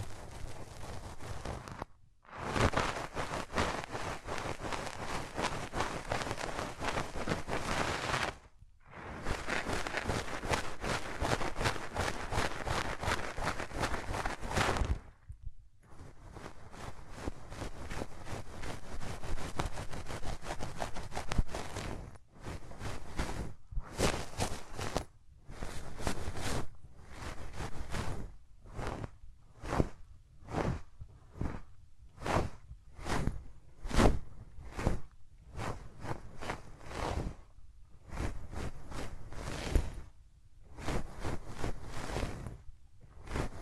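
Hands rub over ears in a dense, bristly friction with no talking. Long continuous stretches of rubbing give way after about fifteen seconds to choppier bursts and quick strokes, separated by brief silences at roughly two, eight and fifteen seconds and frequent short gaps later.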